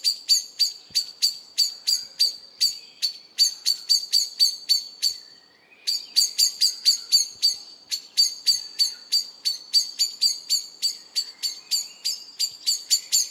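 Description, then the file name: Common blackbird calling with sharp, high chinking notes in rapid runs, about three or four per second, with one brief pause midway; quiet background otherwise. "Turdus merula"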